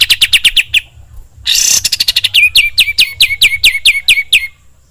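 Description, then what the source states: Sooty-headed bulbul song: a rapid run of bright down-slurred whistled notes, a brief harsh burst, then a steady series of sharp falling notes. Songbird training recording (masteran), described as deluxe.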